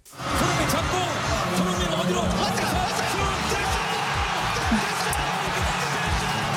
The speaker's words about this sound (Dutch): Ja, en dit is het Koreaanse gejuich. Zuid-Korea plaatste zich eerder vandaag al voor de achtste finales door met 2-1 van Portugal te winnen, dankzij een goal in blessuretijd.